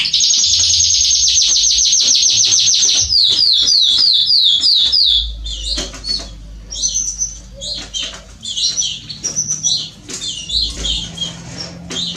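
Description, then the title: Belgian canary song starting with a fast high trill and swooping notes, then scattered sharp chirps and warbles with softer passages. Male Belgian canary singing a lot, used to warm up and train young canaries. "Canary Training Esquente Seu Filhote E Canario Belga Em 30 Minutos Macho Cantando Muito. CANTO DO CANRIO"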